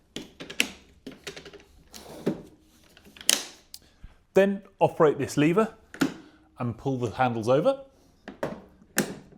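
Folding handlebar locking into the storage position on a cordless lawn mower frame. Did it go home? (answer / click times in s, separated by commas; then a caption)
yes / 9.0 s. A folding handlebar on an Ego LM1914ESP cordless lawn mower is pulled over into its storage position after a lever is operated, while someone talks. Several short mechanical knocks and clunks are heard between the speech. The handlebar clicks and locks into place at 9.0 s.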